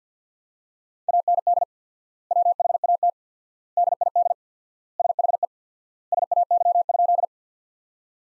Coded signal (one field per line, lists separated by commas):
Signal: Morse code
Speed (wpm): 49 wpm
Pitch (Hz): 700 Hz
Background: none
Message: AND WHAT DID SHE SAY?